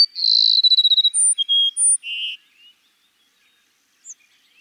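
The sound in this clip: Cassin's sparrow song: a thin high whistle into a rapid trill, then two steady whistled notes and a lower buzzy note, sung once, followed by near silence.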